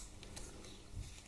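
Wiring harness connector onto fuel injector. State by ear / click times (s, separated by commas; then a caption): not seated / none. A wiring-harness plug is being handled onto a fuel injector on a Harley Twin Cam 88ci motorcycle engine during a strip and rebuild. Light handling noises are heard, with brief taps at about 0.2 s and 0.4 s over a low background hum. Nothing has seated or clicked yet.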